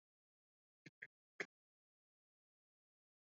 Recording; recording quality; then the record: shallow voluntary cough; excellent, no background noise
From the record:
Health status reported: healthy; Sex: male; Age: 35 years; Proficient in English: yes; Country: India